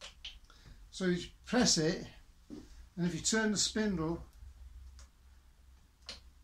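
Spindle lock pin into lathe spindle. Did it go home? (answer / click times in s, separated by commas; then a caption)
no / none. With the spindle lock button pressed, a lathe spindle is turned by hand so the spindle lock pin can drop in and lock it, while someone talks. Only faint brief ticks are heard between the talking. The lock pin has not yet seated in the spindle, and nothing has clicked or locked by the end of the clip.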